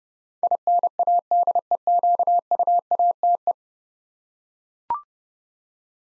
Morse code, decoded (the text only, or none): INADEQUATE